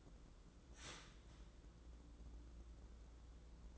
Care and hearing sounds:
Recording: daily activity, microphone in the room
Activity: start toaster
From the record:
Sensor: 3

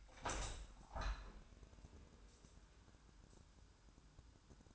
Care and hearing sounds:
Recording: daily activity, microphone in the room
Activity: open window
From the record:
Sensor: 2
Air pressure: 1000.3 hPa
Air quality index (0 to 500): 161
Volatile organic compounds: 3 ppm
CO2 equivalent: 1336 ppm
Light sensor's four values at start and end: 11/30/11/13 and 11/31/12/14

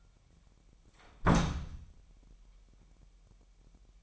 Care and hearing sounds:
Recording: daily activity, microphone in the room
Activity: close door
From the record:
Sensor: 1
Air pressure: 998.5 hPa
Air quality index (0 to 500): 131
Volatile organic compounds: 4 ppm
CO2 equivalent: 1565 ppm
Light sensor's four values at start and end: 19/62/25/26 and 19/62/25/26

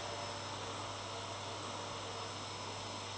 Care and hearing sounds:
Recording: daily activity, microphone in the room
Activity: vacuum cleaning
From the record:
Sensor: 3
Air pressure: 1007.7 hPa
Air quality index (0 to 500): 49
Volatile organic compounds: 1 ppm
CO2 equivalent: 576 ppm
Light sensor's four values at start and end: 9/21/8/8 and 9/21/8/8

